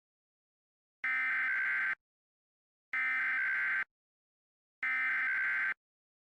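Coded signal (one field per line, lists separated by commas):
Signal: Emergency Alert System (SAME) tones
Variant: header bursts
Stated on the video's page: Mock EAS alert, not a real broadcast.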